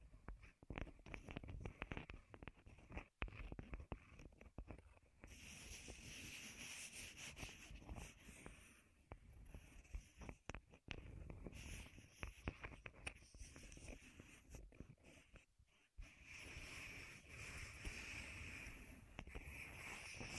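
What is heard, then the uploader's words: Wooden ASMR triggers: dense, fast tapping and scratching crackles with no steady rhythm. A brighter hissing rub joins around five seconds, stops briefly near sixteen seconds, then returns. Short pauses fall near three and sixteen seconds. ASMR Wood Triggers in Your Ears (No Talking).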